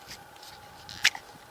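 A Morakniv Garberg full-tang fixed blade knife with a 4.3-inch carbon steel blade is drawn out of a kydex sheath. After a few faint ticks, it releases from the sheath's retention with a sharp pop at 1.1 s, followed by a soft tick. The knife comes right out, showing a good fit.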